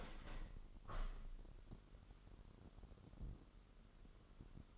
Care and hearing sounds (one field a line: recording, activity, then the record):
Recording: daily activity, microphone in the room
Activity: open window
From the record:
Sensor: 4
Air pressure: 998.9 hPa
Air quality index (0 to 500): 125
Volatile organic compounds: 2 ppm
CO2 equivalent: 1228 ppm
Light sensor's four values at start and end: 9/21/8/9 and 9/21/8/9